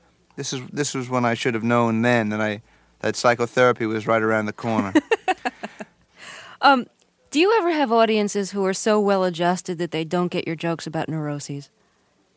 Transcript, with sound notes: This was when I should have known then and I - that psychotherapy was right around the corner.
(Laughter) Do you ever have audiences who are so well-adjusted that they don't get your jokes about neuroses?